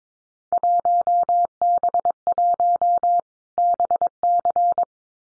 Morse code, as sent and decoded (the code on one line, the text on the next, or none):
.---- -... .---- / -... -.-.
1B1 BC